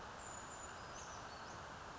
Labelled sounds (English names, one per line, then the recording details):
Brown Creeper
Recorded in Sonoma County, California